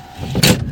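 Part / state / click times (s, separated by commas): cab front window glass into its lock latch / seated / 0.4 s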